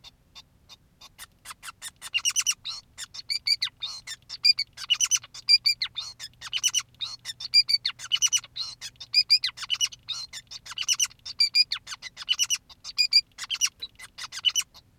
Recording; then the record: song of a male Bengalese finch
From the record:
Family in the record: son of father 2, and himself father 5